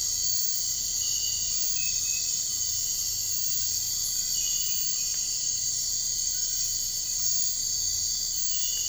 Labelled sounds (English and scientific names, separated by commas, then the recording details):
none
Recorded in dense forest near Puerto Asís, Putumayo, Colombia, on 13 March 2025 at 04:00
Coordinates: 0.485, -76.318
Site G056